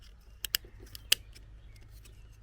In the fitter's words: put the white insert back in you'll hear it click in and then